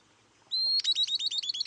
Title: LuckyPassaro Completos2Sama. Southern Beardless Tyrannulet (Camptostoma obsoletum)